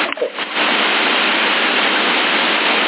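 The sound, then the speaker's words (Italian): A CB radio repeater in Sassari is keyed on and off repeatedly, with a few quick choppy breaks in the first half second, then holds a steady, loud, narrow-band hiss of open static with no voices. “stanno sempre giocando col ponte, premi, attacca e stacca, attacca e stacca, attacca e stacca, sai, pigi portante, aggancia il ponte, stacca il ponte.”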